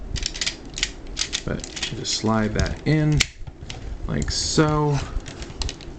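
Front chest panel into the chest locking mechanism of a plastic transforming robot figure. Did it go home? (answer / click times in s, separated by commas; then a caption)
yes / 5.6 s. Someone talks while sliding the front chest panel of a plastic transforming robot figure into the chest, with the windows passing through a gap in the chest, amid light plastic handling clicks. At 5.6 s a sharp, fast-decaying click sounds as the panel seats in the small locking mechanism.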